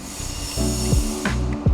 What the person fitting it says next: There's 1 pop per side, so we need another one.